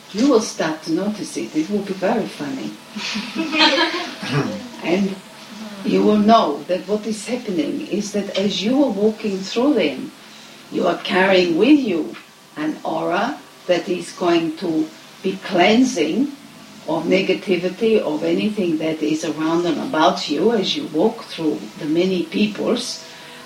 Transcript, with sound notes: You will start to notice it, it will be very funny. (Laughter) And you will know that what is happening is that as you are walking through them your are carrying with you an aura that is going to be cleansing of negativity, of anything that is around and about you as you walk through the many peoples.